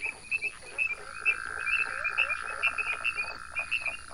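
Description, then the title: Frog chorus of short high chirping notes repeated rapidly over a buzzy trill. Frog calls at ponds across Taiwan, 2006–2009, a walk from pond to pond; the island has 32 frog species. "Grenouilles de Taiwan"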